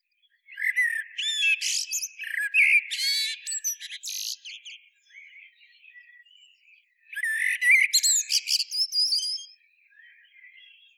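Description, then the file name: Common blackbird singing two long bursts of scratchy, high twitter and fast rattles, each followed by softer warbled notes. "Turdus merula"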